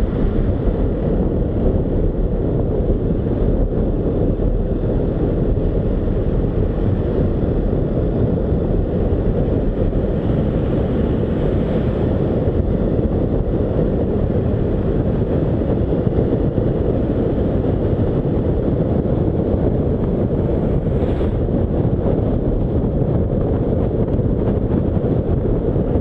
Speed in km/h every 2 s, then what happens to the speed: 34, 34, 34, 37, 39, 42, 45, 50, 52, 51, 49, 48, 47.
0-5 steady at about 34. 5-15 speeds up to 52. 15-26 steady at about 49.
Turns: none.